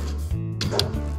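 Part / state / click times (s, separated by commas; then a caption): wiper blade adapter onto car wiper arm / not seated / none. A passenger-side BELLOF I-Beauty super water-repellent replacement wiper blade, with its plastic attachment already fitted, is pushed onto the wiper arm of a Tesla Model 3. Steady low tonal music plays under brief handling noises, with a short sharp transient at 0.8 s. The blade has not seated or clicked onto the arm yet.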